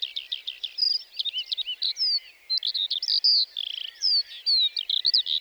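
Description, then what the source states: Lark giving a lively high song of rapid chirps, rising and falling whistles and short rattling trills. Lark singing while perched on top of a bush on the plateau at Lesches-en-Diois, 29 March 2020, before full daybreak; sang nearly fifteen minutes before flying off; stereo Nagra Seven, cardioid MKH40.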